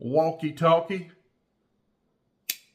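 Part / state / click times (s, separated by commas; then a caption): folding knife blade into handle against backspring / seated / 2.5 s. Someone talks, then the carbon steel blade of a Frontier (Imperial) 4624 traditional slipjoint folding hunter pocketknife, with brass liners and delrin covers, is closed into its handle to demonstrate the walk and talk. At 2.5 s, a single sharp little snap is heard as the backspring snaps the blade shut and seats it into place.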